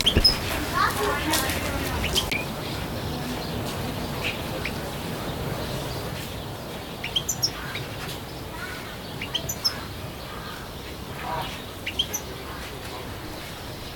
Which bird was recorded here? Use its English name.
European Goldfinch